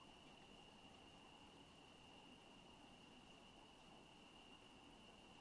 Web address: Sonik Sound Library - Spatial Towns Ambience, Residential, Night, Crickets, Night Bird